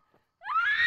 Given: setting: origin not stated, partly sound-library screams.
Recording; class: one-second piece from a danger detection set; woman in danger